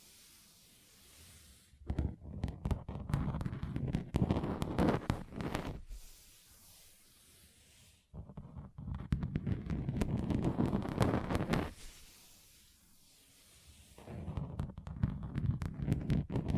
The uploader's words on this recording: ASMR Relaxing Table Tapping Different Surfaces (No Talking).